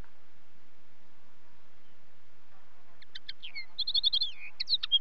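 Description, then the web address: Common linnet twitter: silence for three seconds, then a quick run of chirps, a fast trill and a slurred note, ending in sharp tweets. "BBC Sound Effects Library. Linnet"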